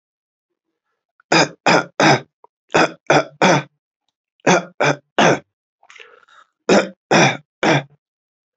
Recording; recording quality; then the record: shallow voluntary cough; excellent, no background noise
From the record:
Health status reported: healthy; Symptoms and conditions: none ticked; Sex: male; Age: 25 years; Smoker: not ticked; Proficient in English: yes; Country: India